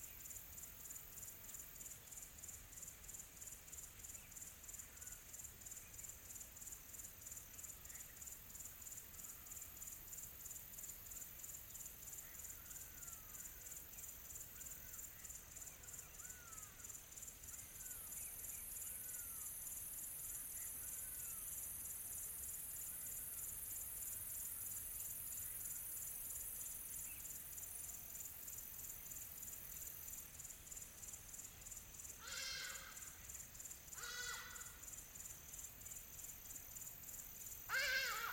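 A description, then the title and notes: A quiet tropical forest with a steady, shrill chorus of insects buzzing high overhead, thickening between about 18 and 30 seconds. Soft, distant bird calls chirp faintly early on over a low, even rustle, and a few sharp rattling bursts break in near the end. Quiet Tropical Forest. The gentle rustling of leaves and the distant calls of exotic birds.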